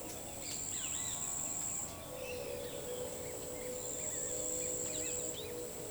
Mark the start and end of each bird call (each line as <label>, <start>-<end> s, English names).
Pale-eyed Pygmy Tyrant, 0.72-1.15 s
Great Kiskadee, 4.88-5.90 s